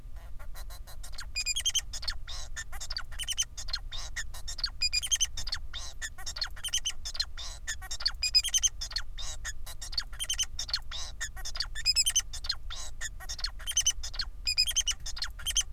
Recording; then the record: song of a male Bengalese finch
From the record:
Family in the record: son of father 4